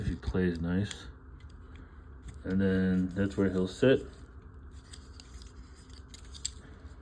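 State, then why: Not seated. Someone talks while handling a small plastic pilot figure and pressing it toward the cockpit of a plastic toy starfighter, the Star Wars Micro Galaxy Squadron Lt. Callahan's E-Wing. After the talking, there are faint plastic ticks and taps, the sharpest near 6.5 s. The clip ends before the figure goes home; nothing has seated or clicked into place yet.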